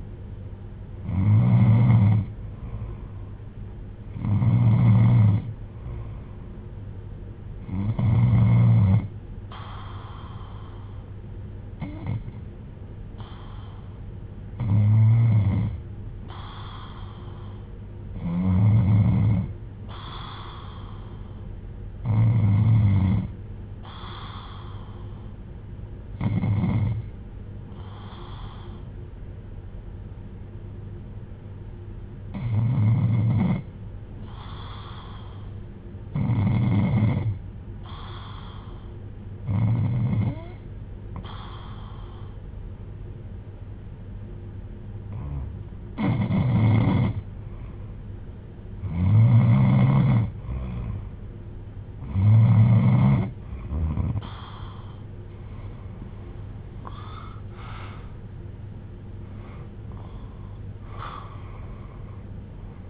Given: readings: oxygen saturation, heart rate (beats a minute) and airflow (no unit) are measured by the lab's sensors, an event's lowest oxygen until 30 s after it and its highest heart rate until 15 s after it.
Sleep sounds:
breathing in sleep by a smartphone at the bedside; 1
29.00-55.20 s: hypopnea (N2, oxygen 94% highest, then 91% lowest)
58.00-62.90 s: new sleep stage, N1 (lightest sleep)
From the record:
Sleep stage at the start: N2 (light sleep); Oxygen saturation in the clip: 91 to 95%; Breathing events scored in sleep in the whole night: 310 in 8.1 hours asleep

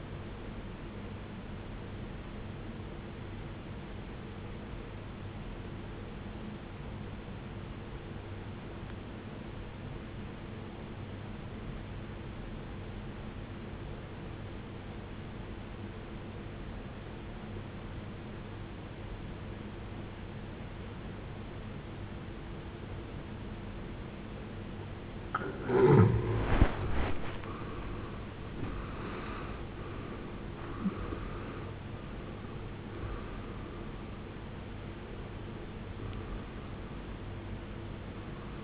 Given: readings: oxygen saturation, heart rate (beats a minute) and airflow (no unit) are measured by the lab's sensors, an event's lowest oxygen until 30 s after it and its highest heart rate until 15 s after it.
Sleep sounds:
breathing in sleep by a voice recorder at the bedside; 1
4.00-26.70 s: obstructive apnea (N1, oxygen 93% highest, then 73% lowest, heart rate 66 at the start, 82 highest)
7.00-37.00 s: new sleep stage, N2 (light sleep)
37.00-38.64 s: new sleep stage, N1 (lightest sleep)
From the record:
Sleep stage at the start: N1 (lightest sleep); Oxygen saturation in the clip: 75 to 93%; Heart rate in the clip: 56 to 82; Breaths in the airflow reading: 5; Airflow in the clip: -18.3 to 17.8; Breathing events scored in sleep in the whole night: 389 in 6.3 hours asleep

